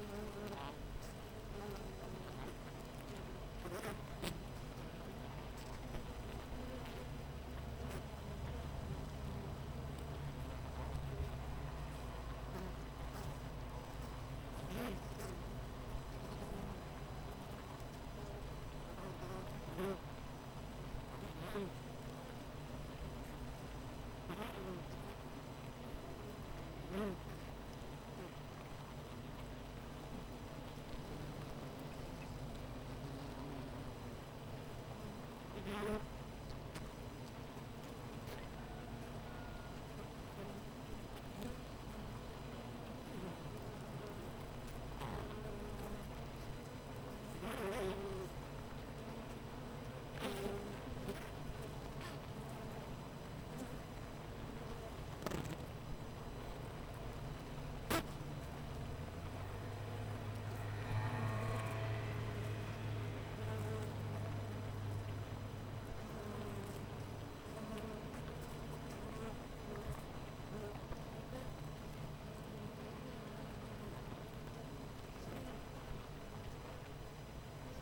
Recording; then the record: honeybee colony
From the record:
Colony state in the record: missing queen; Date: 14 July 2017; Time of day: 7:53